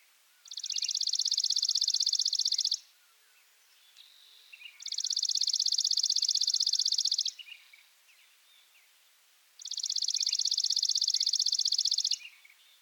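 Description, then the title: Chipping Sparrow delivering three long, flat, rattling trills of rapid identical high notes, each a little over two seconds, with quiet gaps between them. Subspecies arizonae; masteran (tutor) recording, titled burung gereja. "burung gereja dead sea masteran. Chipping Sparrow (Spizella passerina arizonae)"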